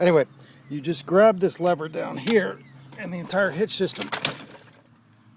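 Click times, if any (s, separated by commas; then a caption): none. Someone talks while handling the release lever of a Thule 917XTR T2 hitch-mounted bike rack on a 2011 GTI. The lever frees the carrier to tilt down on the hitch mount. Nothing has seated or clicked yet, and the metal tilt latch has not clicked into place.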